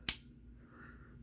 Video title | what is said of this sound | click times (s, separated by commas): Nightmare 70's Toy Review: Transformers Cybertron Cannonball | now you hear that click | 0.1 s